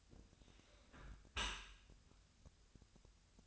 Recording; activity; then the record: daily activity, microphone in the room; close dishwasher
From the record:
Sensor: 2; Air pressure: 1006.5 hPa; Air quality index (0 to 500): 203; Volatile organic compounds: 15 ppm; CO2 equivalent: 2486 ppm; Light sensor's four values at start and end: 9/22/9/9 and 9/22/9/9